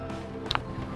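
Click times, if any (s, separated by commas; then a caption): 0.5 s, 0.6 s. A crimped metal terminal on a wire is pushed into the back side of a plastic weatherproof connector housing until it locks. Over a steady hum, a sharp double click sounds at 0.5 and 0.6 seconds as the terminal seats in the housing.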